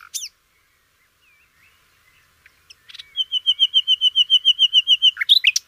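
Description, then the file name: Common nightingale giving a few scattered soft notes, then a steady, even series of rapid piping notes, ending in a sharp twisting flourish. "kicauan nightingale. omkicau"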